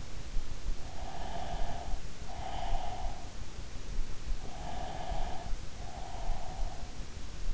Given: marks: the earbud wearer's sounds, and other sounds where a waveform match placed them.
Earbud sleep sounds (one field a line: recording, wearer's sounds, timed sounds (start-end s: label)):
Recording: sounds in sleep by an in-ear microphone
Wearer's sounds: breath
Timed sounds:
1.07-3.20 s: breath
4.65-7.04 s: breath